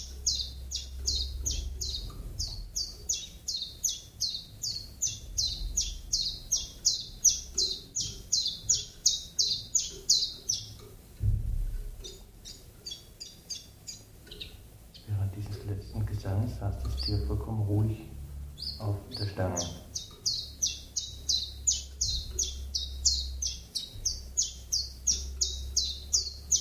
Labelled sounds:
Common Chiffchaff song

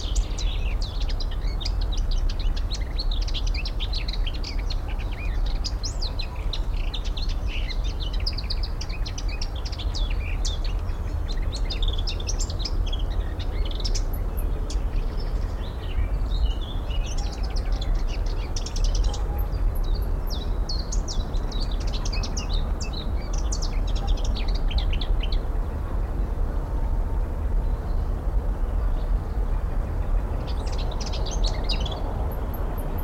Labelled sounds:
Lesser Whitethroat

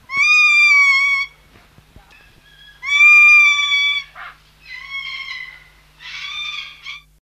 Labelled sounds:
Kea call

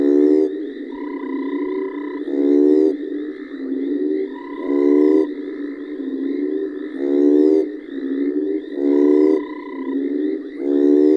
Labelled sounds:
African Split-skin Toad call

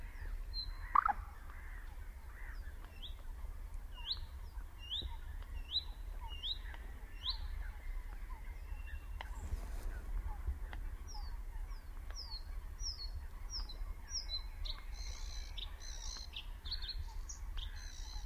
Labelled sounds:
Bluethroat song

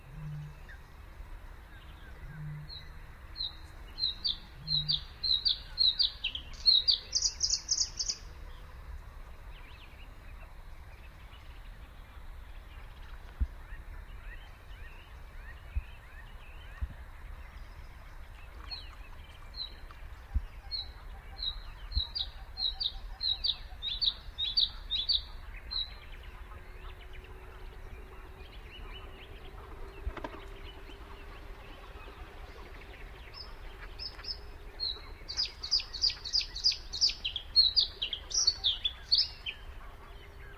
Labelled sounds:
Bluethroat song

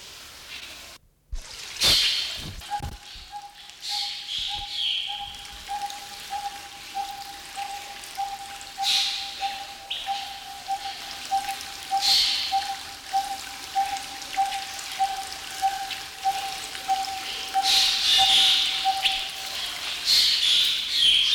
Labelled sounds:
Chestnut-bellied Partridge call

